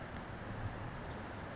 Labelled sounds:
Northern Flicker (Colaptes auratus)
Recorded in Sonoma County, California

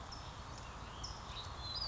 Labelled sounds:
California Towhee (Melozone crissalis)
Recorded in Sonoma County, California

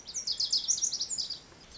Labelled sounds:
Lazuli Bunting (Passerina amoena)
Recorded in Sonoma County, California

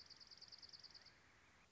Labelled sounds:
Dark-eyed Junco (Junco hyemalis)
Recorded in Sonoma County, California

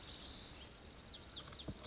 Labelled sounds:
Pacific Wren (Troglodytes pacificus)
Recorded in Sonoma County, California

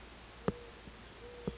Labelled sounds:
Mourning Dove (Zenaida macroura)
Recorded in Sonoma County, California

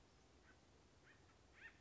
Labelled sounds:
Acorn Woodpecker (Melanerpes formicivorus)
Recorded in Sonoma County, California

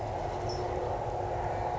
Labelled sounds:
California Towhee (Melozone crissalis)
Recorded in Sonoma County, California

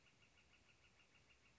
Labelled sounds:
Northern Flicker (Colaptes auratus)
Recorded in Sonoma County, California

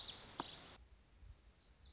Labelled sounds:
Lazuli Bunting (Passerina amoena)
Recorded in Sonoma County, California

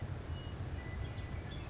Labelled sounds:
Western Meadowlark (Sturnella neglecta)
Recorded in Sonoma County, California

